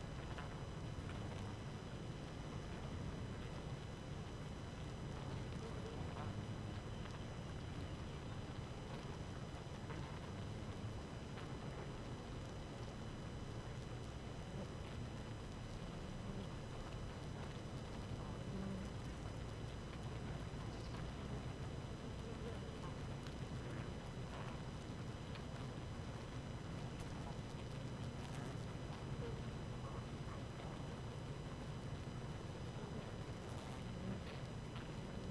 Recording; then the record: honeybee colony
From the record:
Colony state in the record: active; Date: 12 June 2018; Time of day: 4:06